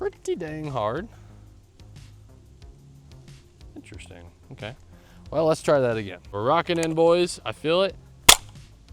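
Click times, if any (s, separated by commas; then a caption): 8.3 s. After an earlier insertion looked off, a plastic box magazine is rocked into the magazine well of a Derya DY12Y 12-gauge shotgun while someone talks. A single sharp, loud snap at 8.3 s marks the magazine seating home, with only faint ticks before it.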